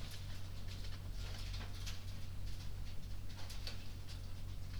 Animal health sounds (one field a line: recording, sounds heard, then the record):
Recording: poultry house recording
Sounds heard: no chicken sound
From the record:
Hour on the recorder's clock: 23